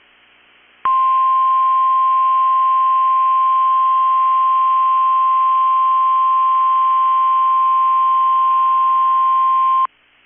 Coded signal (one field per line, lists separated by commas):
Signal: Emergency Alert System (SAME) tones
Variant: 1050 Hz attention tone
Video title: 6/29/22 - KEC65 Required Weekly Test (EAS #568)